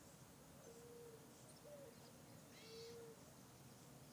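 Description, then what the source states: Birds calling: three soft, low whistled notes spaced across a few seconds over a steady background hiss, with faint high chirps. Valley ambience with many birds.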